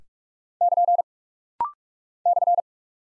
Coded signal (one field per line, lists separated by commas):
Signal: Morse code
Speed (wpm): 44 wpm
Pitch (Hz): 700 Hz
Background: none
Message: <KN> /